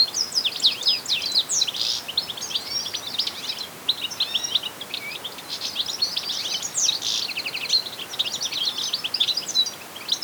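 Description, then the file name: European goldfinch twittering, bursts of fast high tinkling notes with short buzzy trills, separated by brief gaps, over steady background hiss. "Carduelis carduelis"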